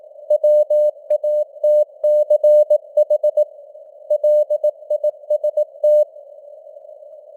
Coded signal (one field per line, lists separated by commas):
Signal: Morse code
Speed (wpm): 18 wpm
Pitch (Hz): 600 Hz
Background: none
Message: WATCH LIST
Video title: Morse Code News | 2025-11-01 | 18wpm